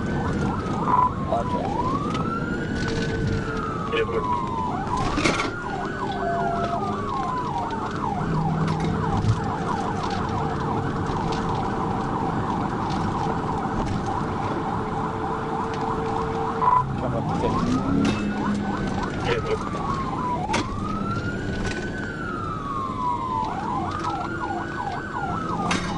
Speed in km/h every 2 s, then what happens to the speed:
106, 87, 89, 95, 105, 108, 97, 95, 100, 93, 79, 74, 74.
0-3 brakes to 87. 3-8 speeds up to 105. 8-13 slows to 95. 17-21 brakes to 74.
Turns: none.